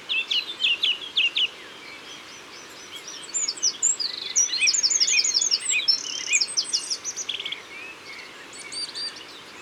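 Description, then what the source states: Eurasian wren song: loud, rapid, ringing phrases with stuttering trills around the middle, amid a dense background of other songbirds. Recorded in Isère.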